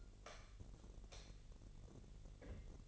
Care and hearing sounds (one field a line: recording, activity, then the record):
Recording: daily activity, microphone in the room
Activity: light off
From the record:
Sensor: 4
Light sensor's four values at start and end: 16/41/16/17 and 14/32/13/13